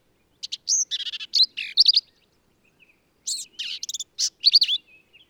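Black-capped vireo singing rapid, jumbled bursts of chattering, slurred and buzzy notes in two quick clusters separated by a short pause.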